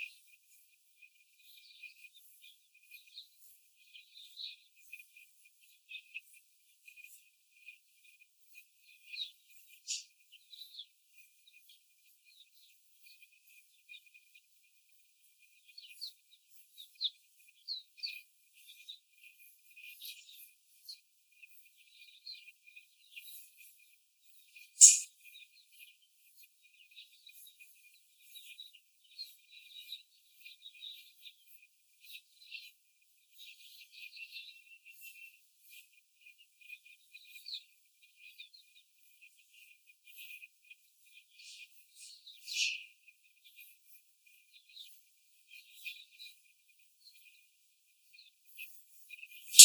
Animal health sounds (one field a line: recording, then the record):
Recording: young laying hens in a cage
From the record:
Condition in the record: before the stressor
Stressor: simulated dog barking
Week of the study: 4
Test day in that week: 1